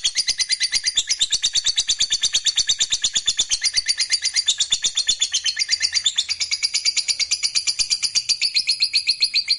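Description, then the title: Lovebird chattering song, a fast unbroken stream of high, buzzy twittering notes running steadily for the whole stretch. "Suara Lovebird"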